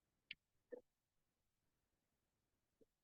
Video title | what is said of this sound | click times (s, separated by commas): 4. Steel Connection - Installation of High Strength (Group - A & B such as A325 and A490) Bolts | can hear the click so you know you're the right torque settings | 0.3 s